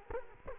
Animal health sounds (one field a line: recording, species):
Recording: mosquito wingbeat signal from an infrared sensor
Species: Culex quinquefasciatus